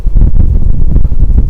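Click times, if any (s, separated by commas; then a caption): none. A headlight bulb on a 2016 Kia Sedona is worked by feel into the headlight housing opening and turned the opposite way to how it came out. A steady low rumble carries a few faint, small taps. The bulb is only being lined up before locking, and nothing has seated or clicked yet.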